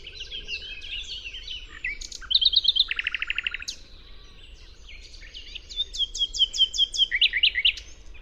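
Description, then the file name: Common nightingale song of changing phrases, with high whistles, a fast dry rattling trill, then a run of loud repeated chirping notes near the end. "Luscinia megarhynchos"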